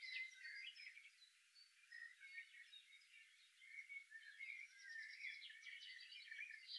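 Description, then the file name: Common blackbird song: a quiet, continuous stream of varied warbling and twittering phrases, high-pitched and rapid, lasting about seven seconds. "Turdus merula"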